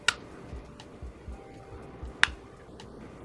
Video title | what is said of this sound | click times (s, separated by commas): Sick & Tired of being Sick & Tired - Wegovy & Mounjaro Weight loss Transformation | put the window so you can see it there's two clicks | 0.1 s, 2.2 s